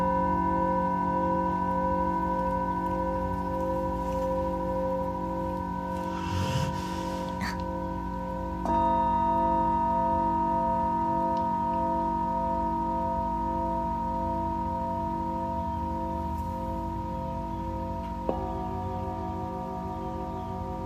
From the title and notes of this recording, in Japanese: メキシコから シンギングボウルのサウンドヒーリング ライブ。